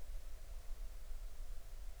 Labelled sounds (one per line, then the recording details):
songbird
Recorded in the Arctic National Wildlife Refuge, Alaska, on 20 July 2019 at 03:11
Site 38